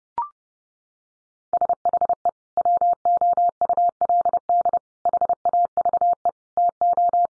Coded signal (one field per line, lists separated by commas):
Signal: Morse code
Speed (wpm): 30 wpm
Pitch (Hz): 700 Hz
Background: none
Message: SHE WOULD HAVE TO